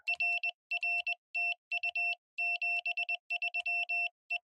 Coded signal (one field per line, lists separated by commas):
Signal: Morse code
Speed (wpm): 20 wpm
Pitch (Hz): 2700 Hz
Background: none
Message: RR TU 73 E